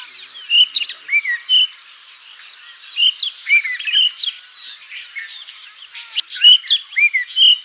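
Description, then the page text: Rufous-necked laughingthrush calling in a lively run of short whistled and chattering notes, with a brief lull before another burst near the end. "Rufous-Necked Laughingthrush Calls. Quick Sounds"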